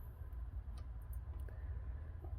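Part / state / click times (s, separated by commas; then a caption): brake caliper onto carrier slider pins / not seated / none. A brake caliper on an MG ZR is being lined up onto the slider pins on its carrier, a metal-on-metal fit, by a new driver who is struggling to get it on. Faint, brief metallic taps come at about 0.8, 1.1, 1.5 and 2.3 seconds over a steady low rumble. The caliper has not seated or clicked into place yet.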